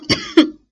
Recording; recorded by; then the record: voluntary cough; messaging app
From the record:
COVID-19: negative